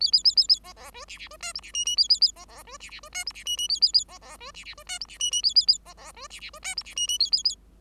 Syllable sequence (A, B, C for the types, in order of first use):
A A A A A B B C D D C E F D G G A A A B B C D D C E F D G G A A A B B C D D C E F D G G A A A B B C D D C E F D G G A A A